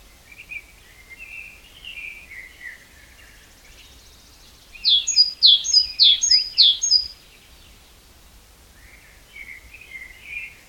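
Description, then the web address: Great tit: soft lower twittering, then a great tit bursts into about five ringing two-note phrases, each dropping in pitch, before quieter chirps resume. "SETE Parus major"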